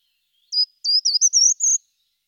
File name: Grimpereau des jardins